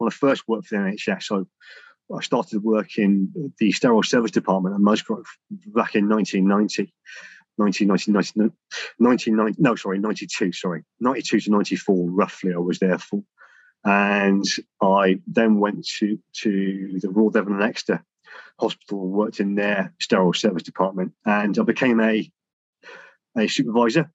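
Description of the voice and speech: A man speaking at a low pitch repeats the start of a year number many times over, with prolonged sounds, silent pauses and repeated short words before speech resumes. This is a lifelong developmental stammer in a 52-year-old man, present since age 4 or 5, with repetitions and blocks breaking up otherwise normal sentences.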